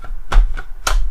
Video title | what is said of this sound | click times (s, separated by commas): Viltrox Weeylite Ninja 10 LED Light Review | so with a standards mount it just Clips in as usual and locks in place | 0.9 s